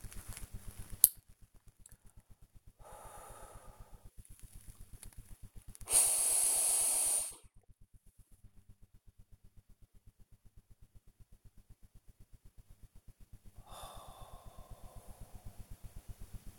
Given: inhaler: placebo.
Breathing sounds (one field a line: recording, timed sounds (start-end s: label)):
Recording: one use of a dry powder inhaler by a smartwatch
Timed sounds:
0.25-1.34 s: inhaler activation
2.72-4.22 s: exhalation
5.80-7.53 s: inhalation
13.56-15.71 s: exhalation